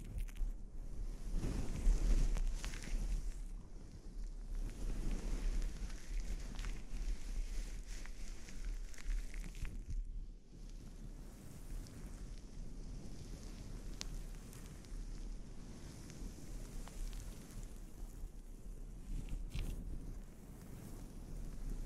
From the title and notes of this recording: ASMR Sleep Inducing Scalp Treatment (No Talking).